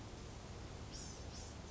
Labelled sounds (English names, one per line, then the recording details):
Blue-gray Gnatcatcher
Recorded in Sonoma County, California